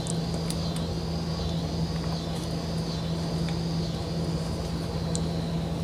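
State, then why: Not seated. During a water pump replacement on a 1977 Johnson 9.9 HP outboard, a pump assembly part is worked and lined up in its pump housing. Small, sharp handling knocks land at about 0.1, 0.5 and 5.2 seconds over a steady low hum and a faint high whine. The part has not seated or clicked into place yet.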